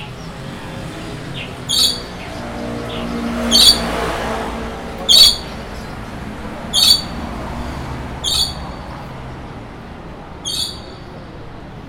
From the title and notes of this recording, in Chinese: 都市叢林的鳥園_萬華鳥街。從捷運龍山寺站走出大馬路,位於台北市和平西路三段靠近三水街,這裡是人稱的萬華鳥街,原因是這裡販賣著家用的寵物鳥。